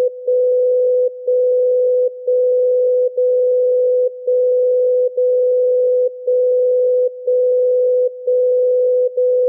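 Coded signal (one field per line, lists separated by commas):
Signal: radio time signal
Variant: DCF77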